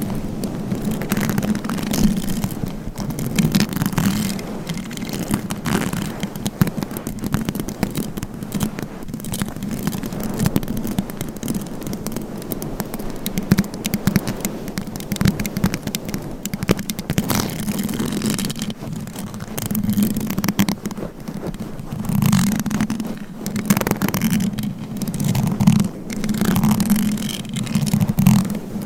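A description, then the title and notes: Mic scratching fills the whole recording as a dense, continuous rasping scrape, with a steady low hum-like band running underneath. Layered strokes overlap with little pause, producing frequent brighter bursts and sharp crackles, especially in the second half. ASMR Mic Scratching - Brain Scratching Layered Asmr No Talking for Sleep with Long Nails.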